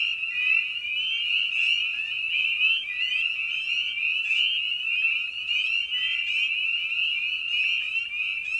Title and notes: Episode 5: Night of the Peepers. we return to the frog pond for a meditative evening. Species in Focus: Spring Peeper (Pseudacris crucifer). Written, recorded, and produced by Ian Carlsen